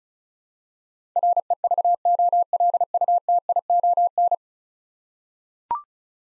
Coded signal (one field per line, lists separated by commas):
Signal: Morse code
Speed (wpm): 36 wpm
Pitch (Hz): 700 Hz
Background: none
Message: REVOLUTION